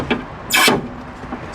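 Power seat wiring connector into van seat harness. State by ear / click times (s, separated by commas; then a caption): seated / 0.1 s. A powered-seat electrical connector is plugged back into the seat harness of a Ford Transit passenger van with a 10-way powered seat after a Scopema swivel seat base has been bolted down. A sharp click at 0.1 s is the connector snapping home, followed by a longer, louder broadband rush around 0.5–0.75 s. The connector is seated.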